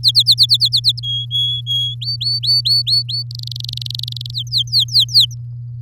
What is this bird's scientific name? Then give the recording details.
Serinus canaria. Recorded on 6 May 2018 at 17:36. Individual llb16